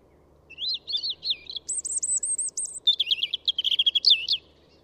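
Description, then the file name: European robin song: looping high whistles, then a repeated run of clear piping notes, ending in a fast jangling trill, over faint low hum. "Pettirosso"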